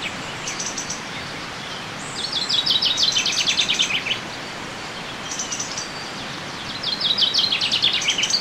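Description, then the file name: Common chaffinch song: a descending trilled phrase with an emphatic ending, then a pause and the start of another phrase, with faint high notes and steady background noise. "Fringilla coelebs"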